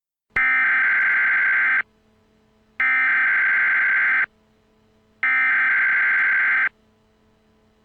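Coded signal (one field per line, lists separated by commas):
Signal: Emergency Alert System (SAME) tones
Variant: header bursts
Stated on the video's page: Fictional fan-made EAS scenario, a remake of an earlier scenario, not a real alert.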